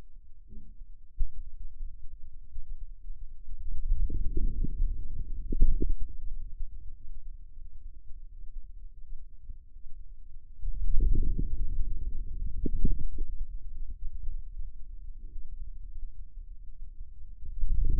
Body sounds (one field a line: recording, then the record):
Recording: forearm muscle sounds (acoustic myography)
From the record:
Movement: outward rotation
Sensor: system 2, bracelet of six BSWA MPA416 microphones around the upper forearm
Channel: 3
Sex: male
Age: 22 years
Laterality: right